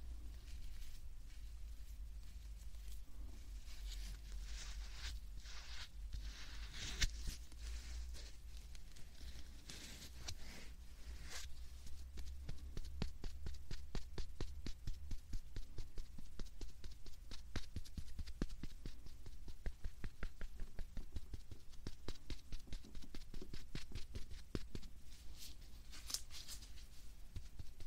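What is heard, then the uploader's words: Soft airy puffs rise and fade over the first ten seconds, over a steady low rumble that lasts the whole clip. Quick dry ticks and crackles run throughout, growing denser and sharper after the middle and continuing to the end. 말없이 3가지의 퍼프로 귀를 토닥토닥 해드려요 puff sound.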